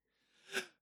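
A single sharp sneeze from an adult woman: a brief rising intake, then an explosive burst that fades within a second.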